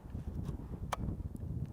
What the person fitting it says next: Okay, I think that was the click.